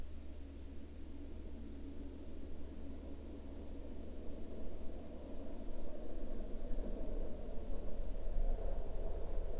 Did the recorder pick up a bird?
no